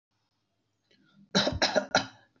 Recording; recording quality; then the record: shallow voluntary cough; excellent, no background noise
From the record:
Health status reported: respiratory illness, not identified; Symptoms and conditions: hypertension, diabetes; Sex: male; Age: 31 years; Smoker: not ticked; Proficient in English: yes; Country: India